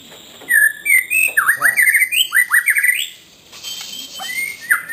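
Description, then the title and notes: White-rumped shama song, a series of clear upslurred whistles repeated rapidly, then quieter rising notes after a brief pause. Song used as a master for training caged songbirds (masteran). "Suara Kicau Burung Murai Batu. burung murai buat masteran"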